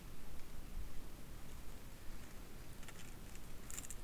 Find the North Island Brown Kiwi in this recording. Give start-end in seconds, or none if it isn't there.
none